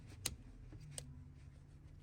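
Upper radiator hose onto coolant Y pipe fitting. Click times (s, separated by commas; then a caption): 0.3 s. On a 2015-2017 Ford F150 V8, during a coolant leak fix with a new Y pipe and O-ring, the upper radiator hose is slid onto the coolant Y pipe's quick-connect fitting and snaps in with a sharp click at 0.3 s. A second, softer tick follows at 1.0 s over a low steady hum. The hose is seated and locked onto the fitting.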